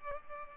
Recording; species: mosquito wingbeat signal from an infrared sensor; Culex pipiens